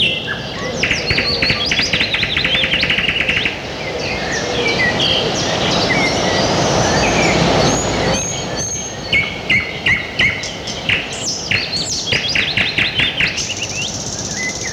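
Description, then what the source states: Thrush nightingale singing rapid repeated clicking strokes and rattled pulses in bursts. Recorded in the morning.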